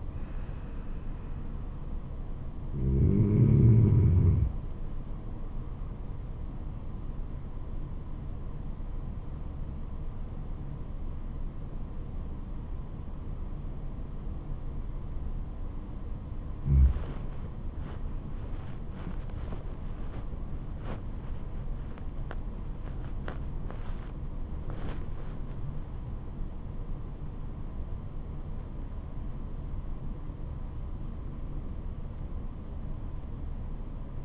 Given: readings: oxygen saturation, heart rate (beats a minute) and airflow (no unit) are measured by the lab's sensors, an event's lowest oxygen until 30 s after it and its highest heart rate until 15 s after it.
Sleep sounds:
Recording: breathing in sleep by a smartphone at the bedside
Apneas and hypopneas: 1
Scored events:
7.00-19.10 s: hypopnea (REM, oxygen 95% highest, then 94% lowest, heart rate 79 at the start, 87 highest)
33.00-34.25 s: new sleep stage, N1 (lightest sleep)
From the record:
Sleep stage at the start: REM sleep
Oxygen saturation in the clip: 93 to 95%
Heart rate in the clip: 76 to 87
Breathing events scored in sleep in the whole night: 426 in 7.4 hours asleep

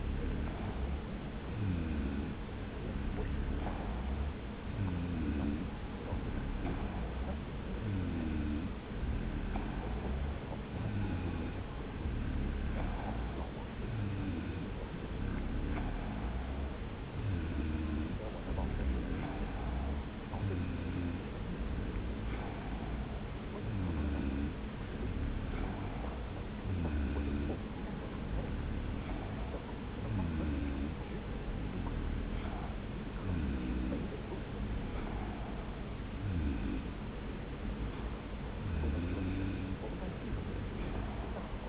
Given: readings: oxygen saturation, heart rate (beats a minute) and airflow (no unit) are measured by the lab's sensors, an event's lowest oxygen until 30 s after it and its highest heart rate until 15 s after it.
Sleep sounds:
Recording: breathing in sleep by a voice recorder at the bedside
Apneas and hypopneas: 1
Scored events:
3.00-18.80 s: hypopnea (N2, oxygen 94% highest, then 93% lowest)
20.00-41.69 s: new sleep stage, N3 (deep sleep)
From the record:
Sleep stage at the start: N2 (light sleep)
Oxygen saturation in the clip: 93 to 94%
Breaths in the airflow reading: 14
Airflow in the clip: -0.9 to 1.2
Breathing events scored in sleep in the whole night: 335 in 6.7 hours asleep

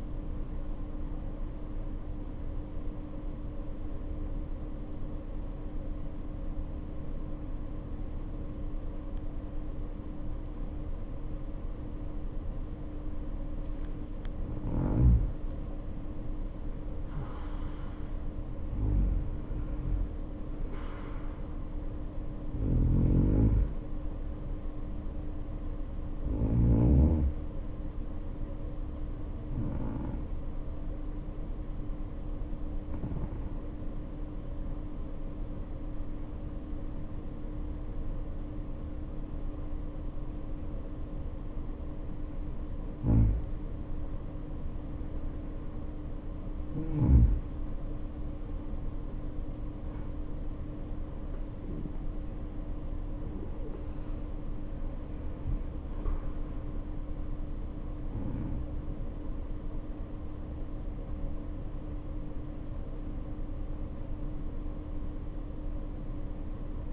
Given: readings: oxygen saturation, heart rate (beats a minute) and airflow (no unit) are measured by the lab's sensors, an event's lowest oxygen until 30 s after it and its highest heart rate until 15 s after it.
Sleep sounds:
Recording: breathing in sleep by a smartphone at the bedside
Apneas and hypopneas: 2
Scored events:
0.00-15.00 s: awake
3.00-14.30 s: obstructive apnea (scored as awake, oxygen 96% highest, then 86% lowest, heart rate 62 at the start, 66 highest)
4.00-64.00 s: new sleep stage, N1 (lightest sleep)
31.00-45.20 s: hypopnea (N1, oxygen 95% highest, then 88% lowest, heart rate 58 at the start, 71 highest)
64.00-66.92 s: new sleep stage, N2 (light sleep)
From the record:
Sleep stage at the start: awake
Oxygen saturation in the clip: 86 to 96%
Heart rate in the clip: 56 to 71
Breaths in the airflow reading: 11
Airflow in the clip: -7.4 to 7.6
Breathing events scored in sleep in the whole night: 520 in 7.2 hours asleep

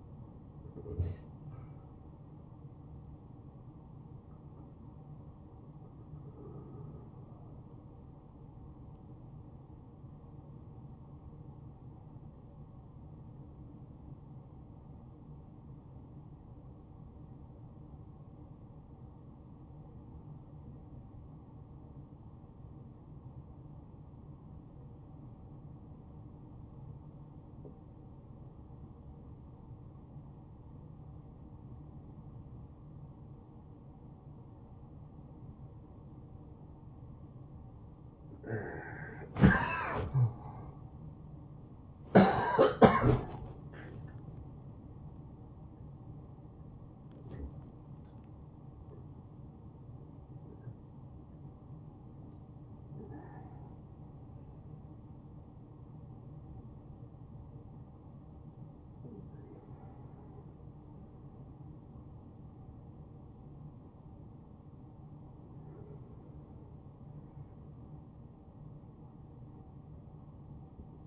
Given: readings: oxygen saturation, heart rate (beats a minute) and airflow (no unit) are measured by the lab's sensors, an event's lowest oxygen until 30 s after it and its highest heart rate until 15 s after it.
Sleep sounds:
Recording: a person awake in a sleep study, by a smartphone at the bedside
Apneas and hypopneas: 1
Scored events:
0.00-39.00 s: awake
8.00-40.70 s: obstructive apnea (scored as awake, oxygen 96% highest, then 95% lowest, heart rate 71 at the start, 94 highest)
17.00-47.00 s: new sleep stage, N1 (lightest sleep)
47.00-71.07 s: new sleep stage, awake
54.00-71.07 s: awake
54.00-71.07 s: awake
From the record:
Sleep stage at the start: awake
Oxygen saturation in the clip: 89 to 96%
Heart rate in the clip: 71 to 95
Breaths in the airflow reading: 11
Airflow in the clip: -7.5 to 7.9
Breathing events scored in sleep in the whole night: 263 in 5.5 hours asleep

